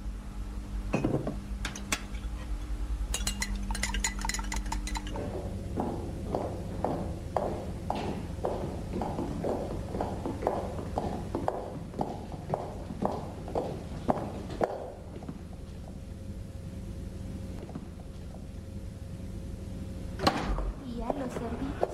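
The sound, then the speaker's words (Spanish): Steady, rhythmic clip-clopping of hooves as a horse-drawn caravan, driven by a man on a horse, rattles and clatters toward a forest, the clops repeating evenly for several seconds before easing off. “Ver la caravana traqueteando hacia el bosque. La conducía un hombre sobre un caballo.”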